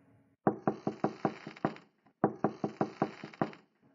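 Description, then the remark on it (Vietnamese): Two quick bursts of knocking on a room door at a late hour, each about seven sharp, evenly spaced raps, separated by a short pause. The knocks are firm and hollow, with no voices. “Ôi mẹ ơi, ai gõ cửa giờ này?”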